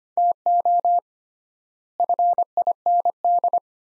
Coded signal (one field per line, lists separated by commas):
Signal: Morse code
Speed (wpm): 25 wpm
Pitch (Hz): 700 Hz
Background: none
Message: TO FIND